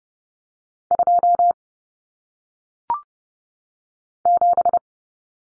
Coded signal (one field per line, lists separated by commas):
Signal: Morse code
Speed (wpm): 30 wpm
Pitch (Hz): 700 Hz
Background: none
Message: 2 7